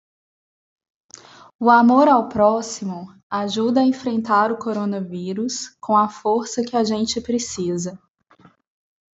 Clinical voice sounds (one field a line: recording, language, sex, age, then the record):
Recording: spoken sentence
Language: Brazilian Portuguese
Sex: female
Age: 20 to 29 years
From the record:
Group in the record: control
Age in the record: 29 years